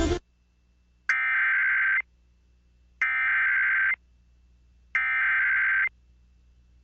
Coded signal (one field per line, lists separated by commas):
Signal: Emergency Alert System (SAME) tones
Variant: header bursts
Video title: Lane, Oregon EAS Alert: Immediate Evacuation (08/13/2023) EAS #24